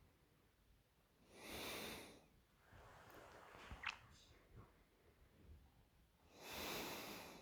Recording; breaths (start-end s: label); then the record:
nose breathing near a microphone
0.00-0.88 s: inhalation
0.88-2.23 s: exhalation
3.97-6.08 s: inhalation
6.08-7.42 s: exhalation
From the record:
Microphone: phone